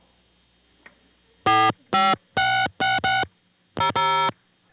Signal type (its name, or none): DTMF